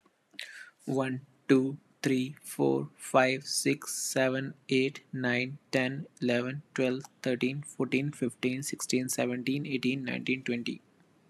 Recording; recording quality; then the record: counting at a normal pace; excellent, no background noise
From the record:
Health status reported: healthy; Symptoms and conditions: none ticked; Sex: male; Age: 26 years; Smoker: not ticked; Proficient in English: yes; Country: India